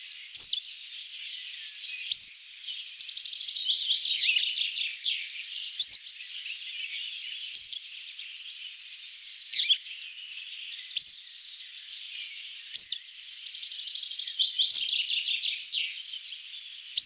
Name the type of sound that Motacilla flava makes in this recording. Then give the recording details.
song. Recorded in the wild. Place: Pripyatskiy NP, BY. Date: 2005-05-25. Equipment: Minidisc Sony MZ-R35, Telinga DAT, Telinga-Parabolspiegel. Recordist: Schwarz, Dieter